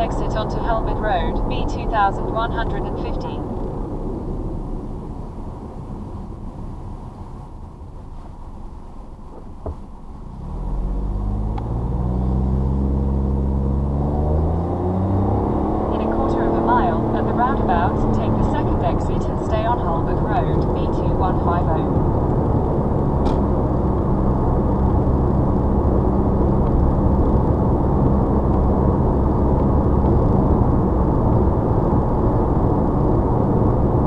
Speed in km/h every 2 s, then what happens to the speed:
85, 66, 31, 21, 11, 10, 19, 27, 37, 44, 56, 64, 68, 71, 72, 74, 76.
0-9 brakes to 10. 10-34 speeds up to 76.